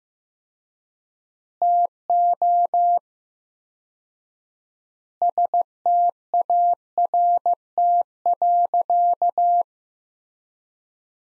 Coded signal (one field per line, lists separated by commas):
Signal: Morse code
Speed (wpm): 16 wpm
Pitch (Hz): 700 Hz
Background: none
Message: TO START.